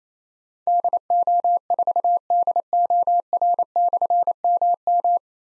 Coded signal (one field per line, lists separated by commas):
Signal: Morse code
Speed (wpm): 28 wpm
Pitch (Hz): 700 Hz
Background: none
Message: DO4DOR/MM